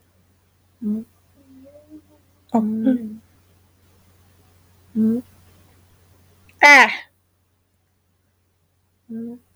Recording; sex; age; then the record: vowel held as long as possible; female; 20 to 29 years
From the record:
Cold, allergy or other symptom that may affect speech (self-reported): no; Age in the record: 27 years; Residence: North Carolina, United States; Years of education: 14